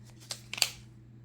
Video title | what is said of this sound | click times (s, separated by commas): KraftGeek 60" Selfie Stick, Video & Phone Camera Tripod Unboxing, Review & Demonstration | And it snaps in place, and now it's closed. | 0.6 s